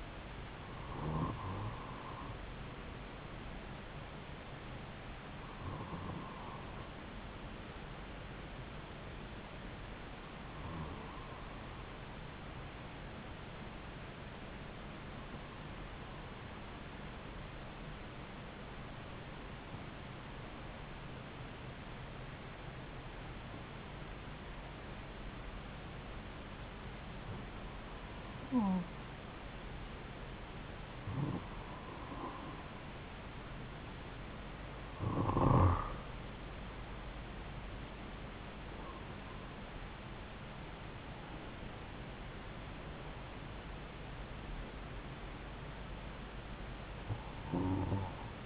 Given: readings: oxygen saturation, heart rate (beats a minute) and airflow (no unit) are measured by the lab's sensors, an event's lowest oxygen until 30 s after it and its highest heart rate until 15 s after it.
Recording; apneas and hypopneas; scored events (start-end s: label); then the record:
breathing in sleep by a voice recorder at the bedside; 1
16.00-39.80 s: hypopnea (N2, oxygen 95% highest, then 93% lowest)
26.00-48.46 s: new sleep stage, N1 (lightest sleep)
From the record:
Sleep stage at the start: N2 (light sleep); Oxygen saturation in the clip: 92 to 95%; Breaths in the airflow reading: 11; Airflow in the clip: -5.8 to 7.0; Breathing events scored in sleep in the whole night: 270 in 6.1 hours asleep